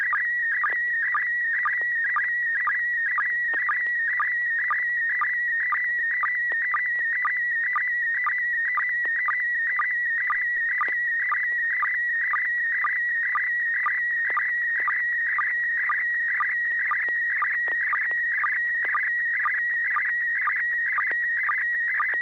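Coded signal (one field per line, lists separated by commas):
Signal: SSTV (slow-scan television)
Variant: PD120 mode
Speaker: PD 120 um here's an image of my sound card and cabling setup that I'm using to transmit on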